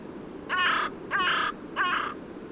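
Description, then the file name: Carrion crow giving three loud, raspy caws in quick succession. "Corvus corone"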